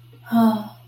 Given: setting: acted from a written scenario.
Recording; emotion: vocal sound without words; romantic love